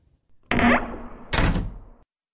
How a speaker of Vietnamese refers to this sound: Cánh cửa phòng vừa khép lại